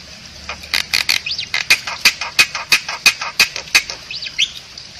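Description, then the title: Black-winged myna repeating harsh, rasping notes about three times a second, broken by a few short whistled slurs. Dense, actively delivered song with many variations, intended for training other songbirds. "Kicauan Rapat Jalak Putih Gacor Banyak Variasi Untuk Masteran"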